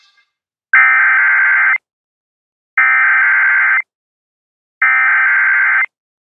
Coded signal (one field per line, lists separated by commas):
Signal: Emergency Alert System (SAME) tones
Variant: header bursts